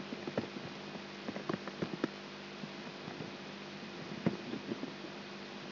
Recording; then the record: brain microelectrode recording played as sound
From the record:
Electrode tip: outside the subthalamic nucleus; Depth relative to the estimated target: -8 mm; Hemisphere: left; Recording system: AlphaMap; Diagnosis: Parkinson's disease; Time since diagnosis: 7 years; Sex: female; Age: 55 years